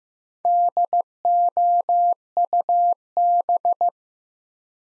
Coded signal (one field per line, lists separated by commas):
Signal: Morse code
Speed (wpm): 15 wpm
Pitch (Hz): 700 Hz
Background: none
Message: DOUB